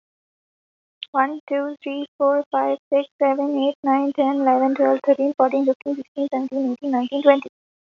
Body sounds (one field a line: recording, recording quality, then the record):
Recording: counting at a fast pace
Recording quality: excellent, no background noise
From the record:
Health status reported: COVID-19 positive, no symptoms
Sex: female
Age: 20 years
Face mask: not worn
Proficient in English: yes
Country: India